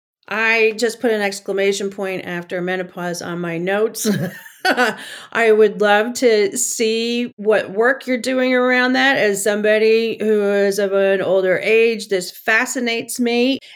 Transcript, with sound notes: I just put an exclamation point after menopause on my notes. (laughs). I would love to see what work you’re doing around that. As somebody who is of an older age, this fascinates me.